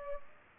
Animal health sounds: mosquito wingbeat signal from an infrared sensor; Culex pipiens

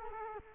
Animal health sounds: mosquito wingbeat signal from an infrared sensor; Culex quinquefasciatus

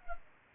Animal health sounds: mosquito wingbeat signal from an infrared sensor; Culex pipiens

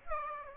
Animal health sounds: mosquito wingbeat signal from an infrared sensor; Aedes aegypti

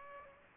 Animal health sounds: mosquito wingbeat signal from an infrared sensor; Aedes aegypti

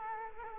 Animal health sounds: mosquito wingbeat signal from an infrared sensor; Culex quinquefasciatus

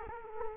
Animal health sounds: mosquito wingbeat signal from an infrared sensor; Culex quinquefasciatus

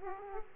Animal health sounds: mosquito wingbeat signal from an infrared sensor; Aedes aegypti

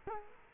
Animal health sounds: mosquito wingbeat signal from an infrared sensor; Culex quinquefasciatus

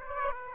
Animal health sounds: mosquito wingbeat signal from an infrared sensor; Aedes aegypti

